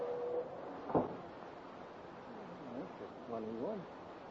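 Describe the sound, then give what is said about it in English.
A door bangs shut with one sharp, solid thud over a steady hiss, and a few faint murmured voices follow a moment later. “He just went out the door.”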